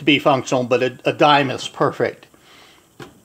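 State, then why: Released. A dime is pushed into the release slots on the side of an IBM PC Convertible (model 5140) laptop to unlatch its keyboard tray while someone talks. A small, sharp click sounds at 3.0 s as the latch lets go and the keyboard tray is released.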